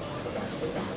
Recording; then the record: coughing mixed with background sound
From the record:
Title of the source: Cough Around the Clock!